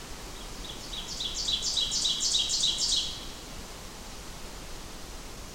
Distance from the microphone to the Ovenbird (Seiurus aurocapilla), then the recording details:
about 20 m. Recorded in boreal forest in Alberta, Canada, on 14 June 2016 at 07:31. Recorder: SongMeter 3, array SBT-3-33. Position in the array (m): 276 m, 266 m. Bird 22